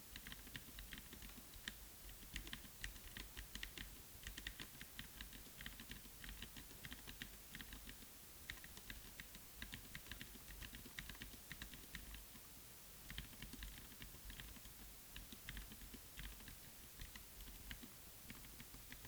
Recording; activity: daily activity, guitar pickup as the sensor; type